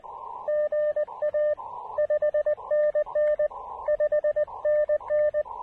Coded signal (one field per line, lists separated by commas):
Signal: Morse code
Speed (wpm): 20 wpm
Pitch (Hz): 590 Hz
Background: radio noise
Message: GA 5NN 5NN